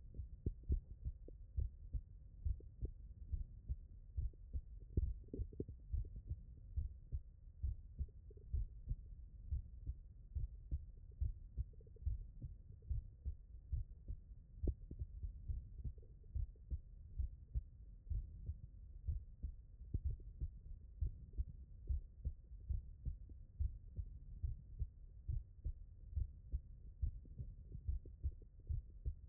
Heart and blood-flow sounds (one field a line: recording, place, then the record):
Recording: heart sounds by stethoscope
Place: tricuspid valve (TV)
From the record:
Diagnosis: non-HFrEF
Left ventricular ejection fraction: 62%